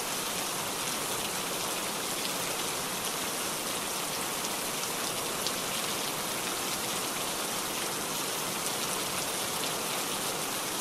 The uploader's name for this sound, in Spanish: Lluvia intensa (solo lluvia)